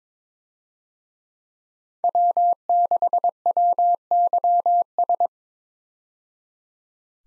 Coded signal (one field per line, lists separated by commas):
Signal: Morse code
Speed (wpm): 22 wpm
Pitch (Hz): 700 Hz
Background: none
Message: W6WYS